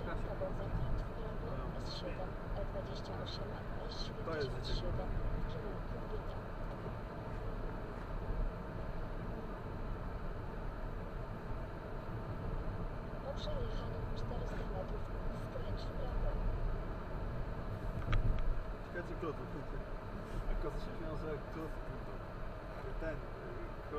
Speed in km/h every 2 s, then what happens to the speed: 60, 59, 59, 59, 59, 59, 59, 59, 59, 59, 59, 59.
0-24 steady at about 59.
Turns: none.